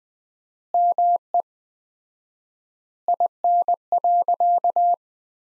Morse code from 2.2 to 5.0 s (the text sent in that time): IN.